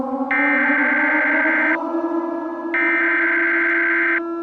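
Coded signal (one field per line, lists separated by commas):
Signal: Emergency Alert System (SAME) tones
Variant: header bursts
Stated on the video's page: Simulated EAS scenario, tones made with Audacity.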